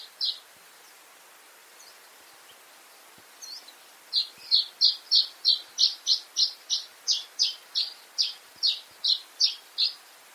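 Bird giving a few scattered high notes, then a steady run of sharp, high chips repeated about three times a second.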